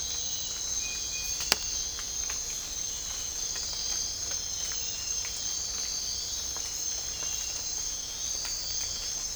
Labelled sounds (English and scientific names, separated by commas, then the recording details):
none
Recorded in dense forest near Puerto Asís, Putumayo, Colombia, on 20 December 2024 at 05:00
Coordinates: 0.499, -76.324
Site G045